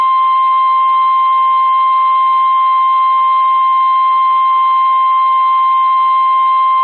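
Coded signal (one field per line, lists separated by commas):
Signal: Emergency Alert System (SAME) tones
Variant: 1050 Hz attention tone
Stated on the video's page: Valid, real EAS tones for a severe thunderstorm warning.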